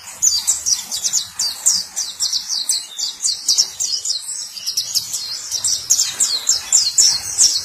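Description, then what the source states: White-eye song: an unbroken, rapid chatter of high, thin notes repeated in quick bursts throughout. Sweet long song.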